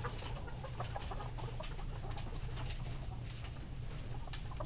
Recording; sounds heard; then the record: poultry house recording; healthy chickens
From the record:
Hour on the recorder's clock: 19